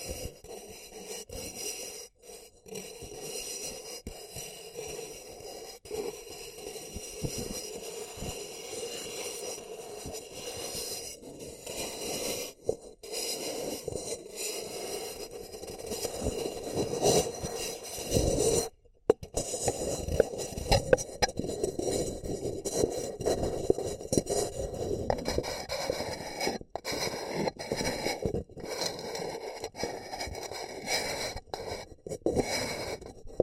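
Paper cup tingles: fingers scratch, tap and crinkle a paper cup in a near-continuous stream of dry scraping and crackling. The sound is busy and uneven, with brief pauses around 2, 13 and 19 seconds, and grows somewhat denser and louder in the second half.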